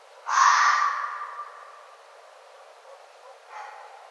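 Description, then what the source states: Red fox call, a single harsh rasping bark that fades slowly, followed by a faint weaker bark near the end. Recorded 1 November 2011.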